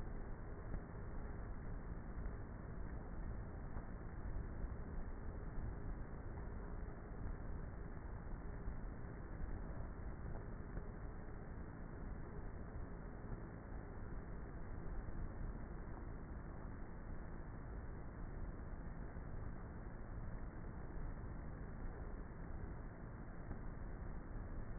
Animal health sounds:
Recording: honeybee colony, microphone inside the hive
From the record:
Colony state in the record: queenless with a low population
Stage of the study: before two queens were removed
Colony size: about 30,000 bees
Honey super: no

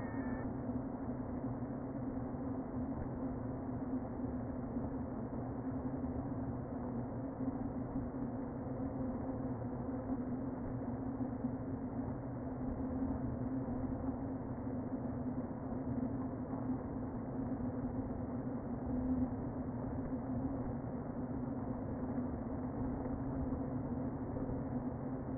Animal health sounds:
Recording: honeybee colony, microphone inside the hive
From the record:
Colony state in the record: queen present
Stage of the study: before two queens were removed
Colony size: about 60,000 bees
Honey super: yes

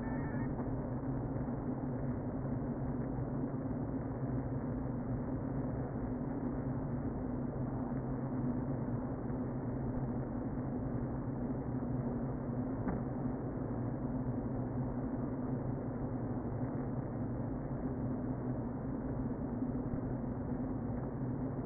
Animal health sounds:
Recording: honeybee colony, microphone inside the hive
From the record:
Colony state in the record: queen present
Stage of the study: before two queens were removed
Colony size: about 60,000 bees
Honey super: yes

